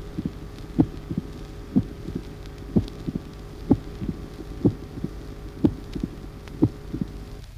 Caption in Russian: Ритм перепела. Хлопающий первый тон высокого тембра. Второй тон отчетливо раздвоен.